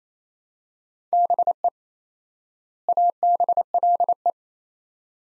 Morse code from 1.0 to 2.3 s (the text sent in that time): BE